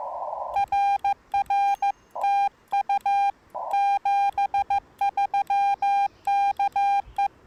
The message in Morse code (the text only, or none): RR TU 73 KE